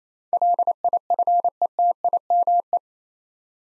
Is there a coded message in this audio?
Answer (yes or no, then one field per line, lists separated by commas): yes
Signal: Morse code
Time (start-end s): 0.3-2.8 s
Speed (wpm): 28 wpm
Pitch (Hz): 700 Hz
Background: none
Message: LIFETIME